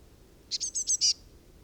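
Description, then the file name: Eurasian blue tit sounding a brisk string of five high notes, the last one strongest, over soft low background noise. "Cyanistes caeruleus"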